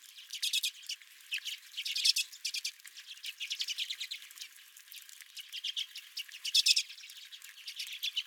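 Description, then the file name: Redpolls chattering in a flock, dense rapid buzzy trills and chips in bursts, several birds calling over one another throughout. Redpolls at the recordist's feeder. "Redpolls at My Feeder"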